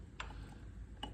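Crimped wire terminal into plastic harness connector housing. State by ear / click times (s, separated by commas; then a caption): seated / 0.2 s, 1.0 s. Re-pinned, crimped speaker wire terminals are pushed into the plastic audio wiring-harness connector housing for the amp on a Yamaha Eluder/Venture motorcycle. Two short, sharp clicks sound at 0.2 s and 1.0 s over a quiet background. Each terminal seats and locks into the housing.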